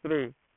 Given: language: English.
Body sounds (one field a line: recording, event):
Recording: throat vibration sensor signal played as sound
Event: speech